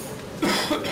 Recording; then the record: coughing mixed with background sound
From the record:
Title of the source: Man Coughing Sound - Wet Cough Sound Effect